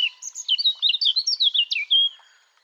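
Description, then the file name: Eurasian blackcap song, one loud, lively phrase of mellow fluting whistles, quickly rising and dropping in pitch. "Sylvia atricapilla"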